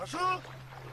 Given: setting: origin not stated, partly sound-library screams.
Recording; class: one-second piece from a danger detection set; normal situation